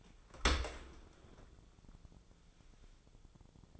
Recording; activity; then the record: daily activity, microphone in the room; open dishwasher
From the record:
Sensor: 5